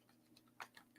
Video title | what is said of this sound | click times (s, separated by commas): LDO Box Turtle Kit Build Part 4 | and I heard the click there | 0.6 s